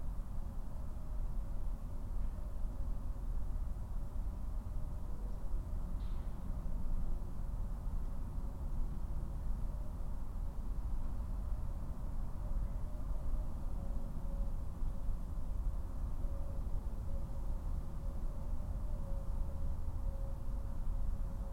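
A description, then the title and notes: Wind in an oak stand on a windy day, heard as a steady, dense low rumble with a faint constant hum and little brightness above. Boot Lake Nature Preserve. Windy day in an oak stand.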